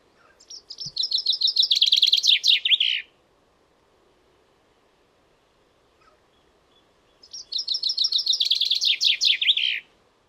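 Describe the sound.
Chaffinch song: two loud phrases several seconds apart, each a run of repeated notes falling in pitch and ending in a flourish, quiet between.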